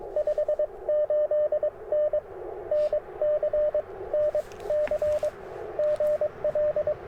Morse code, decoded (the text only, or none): 58N NC NC GL